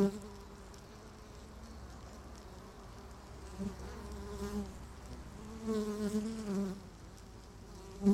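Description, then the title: Honey bees droning steadily, with individual bees buzzing louder past around four and six seconds over the constant hum. Beehive at Laren, Gelderland, recorded 17 July 2015; not a binaural recording. "Beehive. Bijenkorf (Laren Gld., July 17th 2015)"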